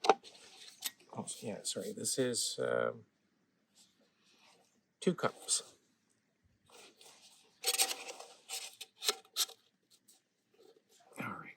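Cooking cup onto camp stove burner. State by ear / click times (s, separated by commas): seated / 8.8 s, 9.1 s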